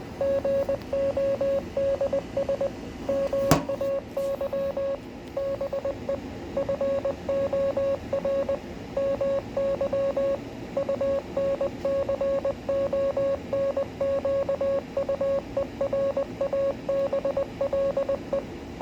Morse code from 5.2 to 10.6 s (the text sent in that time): BE FOR MY